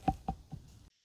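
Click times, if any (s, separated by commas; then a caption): 0.1 s, 0.3 s. The rear bench seat cushion of a 2021 Audi A6 Allroad, reinstalled during a 12V battery replacement, is slid back and pushed down at its clip locations into the car floor retainers. Two sharp clicks sound at 0.1 s and 0.3 s, followed by a fainter knock near 0.5 s. The clips click in and the seat is seated.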